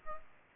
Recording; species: mosquito wingbeat signal from an infrared sensor; Aedes aegypti